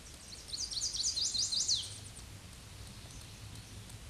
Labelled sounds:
Chestnut-sided Warbler (Setophaga pensylvanica) song

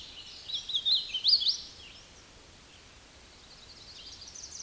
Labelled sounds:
Hooded Warbler (Setophaga citrina) song

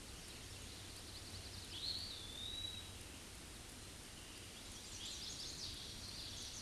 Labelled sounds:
Eastern Wood-Pewee (Contopus virens) song

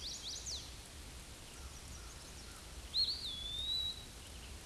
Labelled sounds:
Eastern Wood-Pewee (Contopus virens) song

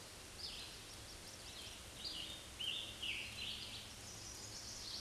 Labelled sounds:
Scarlet Tanager (Piranga olivacea) song

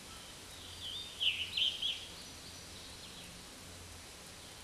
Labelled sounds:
Scarlet Tanager (Piranga olivacea) song

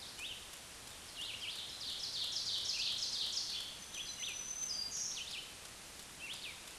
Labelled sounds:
Black-throated Green Warbler (Setophaga virens) song

